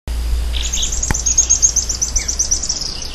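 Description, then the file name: Araucaria tit-spinetail giving a thin, very high, rapid trill of short even notes running steadily for over two seconds, preceded by a brief lower chirp, over a low background rumble. Recorded at Rio dos Touros on 22 January 2016. "Leptasthenura-setaria--- 2016-01-22-Rio-dos-Touros---Jorge-La-Grotteria"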